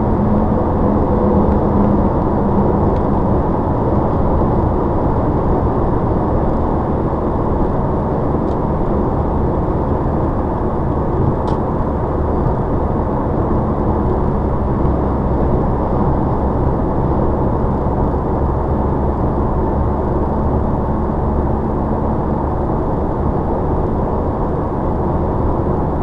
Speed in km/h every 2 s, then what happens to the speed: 114, 116, 118, 113, 108, 108, 111, 111, 108, 108, 106, 106, 108.
0-26 slows to 108.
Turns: none.